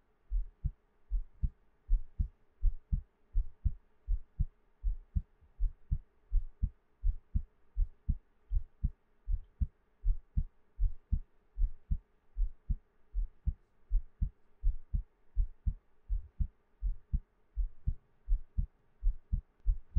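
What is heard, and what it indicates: Steady, deep lub-dub thumps repeat at about 80 beats a minute with an even rhythm, an ordinary resting adult heartbeat heard up close as ASMR. A faint low hum sits in the background, and there is no talking.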